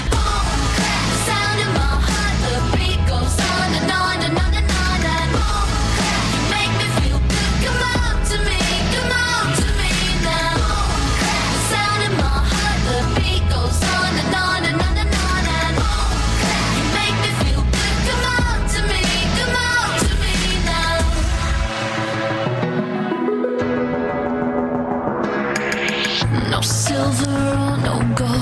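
An upbeat pop song plays with a steady, punchy beat and full, bright instrumentation. Near the end it breaks down into a rising sweep and sustained synth tones.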